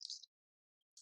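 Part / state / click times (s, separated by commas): plastic grid connector onto the corner of wire cage grids / seated / 0.0 s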